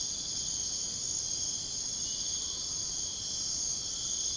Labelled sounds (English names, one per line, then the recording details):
none
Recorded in pastures near Puerto Asís, Putumayo, Colombia, on 13 March 2025 at 03:00
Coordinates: 0.502, -76.324
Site GP07